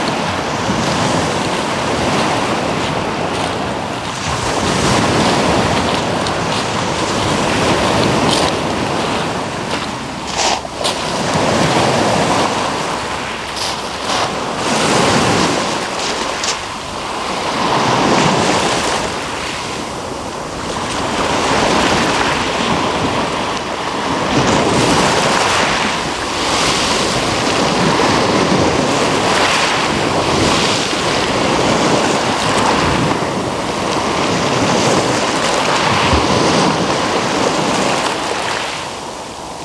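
Waves wash along the Omø coastline in a steady, dense roar, swelling and easing roughly every four to six seconds. Gusts of wind rumble low underneath throughout, with a few brief sharp ticks near ten and fifteen seconds.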